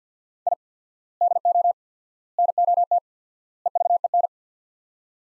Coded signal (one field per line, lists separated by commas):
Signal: Morse code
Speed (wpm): 50 wpm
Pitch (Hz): 700 Hz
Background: none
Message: I DO NOT EVEN